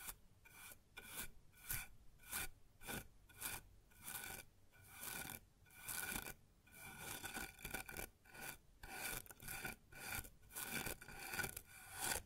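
Rough, raspy strokes scrape across a wooden surface in a steady back-and-forth rhythm, about two per second, each stroke bright and gritty.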